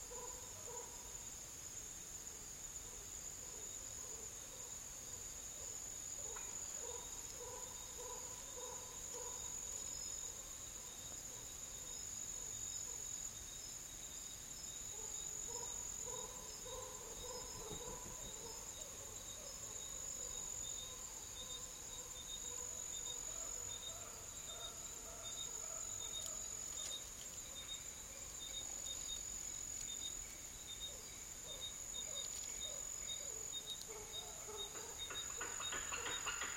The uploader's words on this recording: Madagascar dry forest sounds. Huge baobabs tower over thorny scrub.